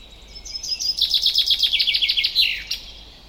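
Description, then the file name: Common chaffinch song: soft opening notes build into a loud, rapid trill stepping downward, finishing with a short flourish; steady background hiss. "Fringilla coelebs"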